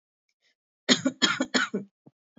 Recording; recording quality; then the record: shallow voluntary cough; excellent, no background noise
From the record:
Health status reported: COVID-19 positive, no symptoms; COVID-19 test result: positive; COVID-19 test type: RT-PCR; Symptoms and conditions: fever, fatigue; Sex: female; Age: 24 years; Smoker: no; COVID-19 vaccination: both doses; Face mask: not worn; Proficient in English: yes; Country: India